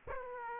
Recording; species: mosquito wingbeat signal from an infrared sensor; Aedes aegypti